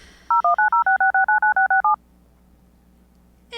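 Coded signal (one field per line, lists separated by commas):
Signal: DTMF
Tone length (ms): 130 ms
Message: 01906967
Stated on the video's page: Sound effect in a fictional audio drama podcast.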